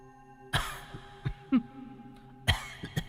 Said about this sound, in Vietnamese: vóc dáng và tiếng ho đó thì Kha làm sao có thể quên.